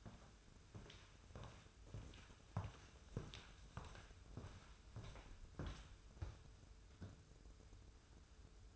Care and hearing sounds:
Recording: daily activity, microphone in the room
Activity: walk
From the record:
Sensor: 2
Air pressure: 994.2 hPa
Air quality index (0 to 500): 203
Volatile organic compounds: 1000 ppm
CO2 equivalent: 6688 ppm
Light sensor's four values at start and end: 82/189/79/78 and 80/185/77/76

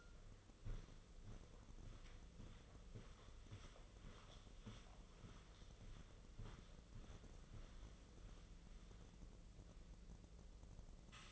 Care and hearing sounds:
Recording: daily activity, microphone in the room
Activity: walk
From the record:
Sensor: 4

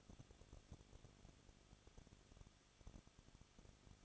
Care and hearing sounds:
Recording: daily activity, microphone in the room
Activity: no activity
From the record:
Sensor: 4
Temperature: 23.1 degrees Celsius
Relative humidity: 34.1%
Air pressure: 1007.2 hPa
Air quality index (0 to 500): 217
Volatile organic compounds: 15 ppm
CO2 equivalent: 2510 ppm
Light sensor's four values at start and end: 2/3/1/1 and 2/3/1/1

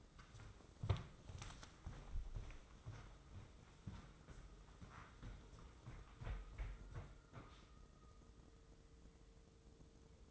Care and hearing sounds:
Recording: daily activity, microphone in the room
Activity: walk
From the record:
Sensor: 3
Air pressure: 995.9 hPa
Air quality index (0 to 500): 249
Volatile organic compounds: 1000 ppm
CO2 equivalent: 6378 ppm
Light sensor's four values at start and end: 41/101/44/47 and 41/99/43/47

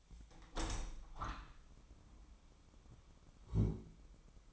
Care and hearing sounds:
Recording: daily activity, microphone in the room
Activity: open window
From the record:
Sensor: 1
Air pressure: 1006.5 hPa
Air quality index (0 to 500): 208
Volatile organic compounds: 24 ppm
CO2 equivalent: 2806 ppm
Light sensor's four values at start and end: 12/30/12/13 and 12/32/12/14

